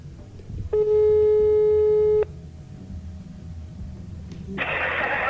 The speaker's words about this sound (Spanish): Vamos a intentar contactar con uno de los componentes de la critiqueta, Pam. A ver si conseguimos que nos coja el teléfono.